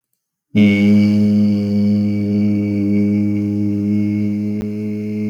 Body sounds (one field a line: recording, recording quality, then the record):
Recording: sustained vowel as in beet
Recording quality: excellent, no background noise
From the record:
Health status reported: healthy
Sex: male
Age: 20 years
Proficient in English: yes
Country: India